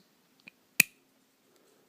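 A drip tip is fitted into the top cap of a Mutation X RDA atomizer, giving a faint tick at 0.5 s and then one sharp, bright snap at 0.8 s. The drip tip seats snugly and stays put. No one talks during the clip.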